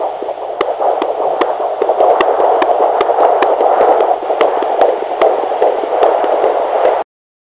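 Steady whooshing monitor-style noise carries quick, regular beats at about 146 per minute throughout. This is an unborn baby's heartbeat, at a rate within the usual fetal range.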